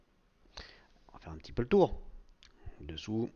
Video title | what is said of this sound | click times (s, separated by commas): Ulefone Paris, le test pour TinyDeal | ça se clipse bien, vous voyez, finition. | 0.6 s